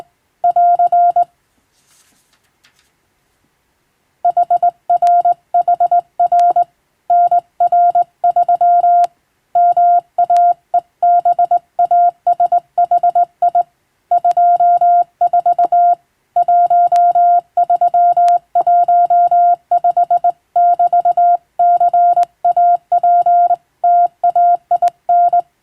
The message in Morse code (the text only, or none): <AR> HRHR NR3 MAEBASHI 24 1315<BT>CAPTAIN